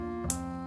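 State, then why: Seated. An RJ45 LAN cable plug has its latch tab lifted and is then pushed into a network port. It gives one sharp, short click at 0.3 s over a steady tonal hum, and the plug is seated.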